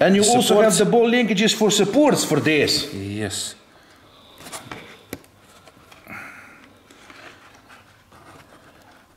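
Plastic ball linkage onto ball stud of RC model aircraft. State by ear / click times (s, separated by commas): seated / 5.1 s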